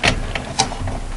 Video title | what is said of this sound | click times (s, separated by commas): Teaching on parts of computer | have to hear them click click all the way and then it slides right out | 0.3 s, 0.6 s